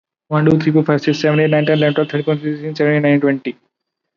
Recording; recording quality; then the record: counting at a fast pace; excellent, no background noise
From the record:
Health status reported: recovered from COVID-19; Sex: male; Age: 23 years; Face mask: not worn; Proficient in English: yes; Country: India